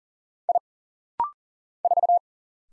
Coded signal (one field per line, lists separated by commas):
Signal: Morse code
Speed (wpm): 39 wpm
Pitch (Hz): 700 Hz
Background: none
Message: I 4